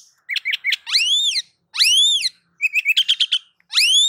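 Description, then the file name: Oriental magpie-robin song: rapid short chips followed by loud, sweeping arched whistles, then a fast series of buzzy notes and another swept whistle, with clear pauses between phrases. "Suara-Kacer-Versi-7"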